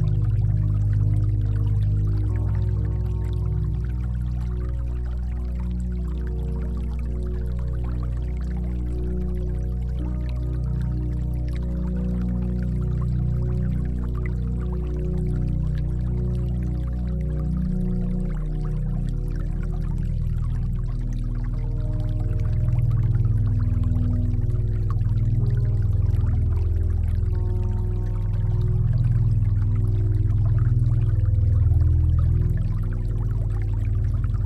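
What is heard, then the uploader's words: Calm meditation music with water sounds: deep sustained drones and soft held tones move slowly, the bass shifting near 2 and 18 seconds. A steady trickling, pouring wash runs throughout, and the music swells slightly fuller from about 22 seconds. Relaxing Meditation Music with Water Sounds.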